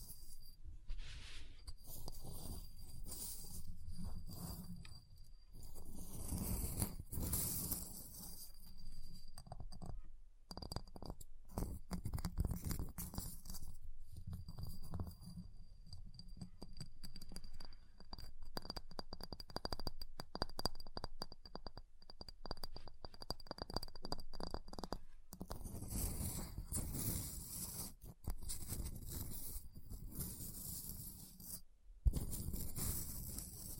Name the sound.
Ice Tapping, Scratching, Carving Sounds